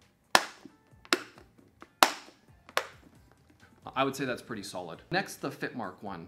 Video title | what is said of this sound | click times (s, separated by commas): BEST Meal Container Review (You Won't Believe Which "Leak Free" Container Cracks Under Pressure) | we'll listen for on the closure because that's you want to make sure you want to hear the click | 0.3 s, 1.1 s, 2.0 s, 2.8 s